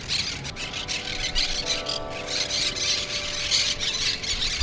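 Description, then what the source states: Parrots giving harsh, grating squawks nonstop, with faint steady tones in the background. Recorded in Brooklyn.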